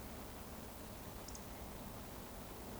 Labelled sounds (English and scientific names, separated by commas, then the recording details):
Eurasian Woodcock (Scolopax rusticola) whistle
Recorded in Baden-Württemberg, Germany, on 24 June 2020 at 19:28 UTC
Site 14569, 102 m above sea level